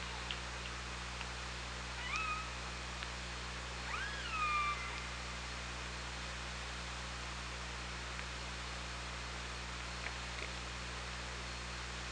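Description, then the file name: Killer whale calls: two tonal cries near two and four seconds, each with a harmonic above, over steady underwater hiss and low hum. On the OrcaLab hydrophone, 24 August 2017 at 16:56. "Orca Lab UTLN JASON 20170824 165633"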